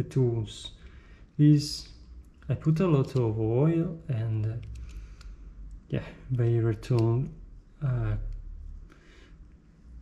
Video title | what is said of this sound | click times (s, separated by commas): Victorinox Swiss Champ Long Term Review | quite normal but it doesn't stop um snap anymore | none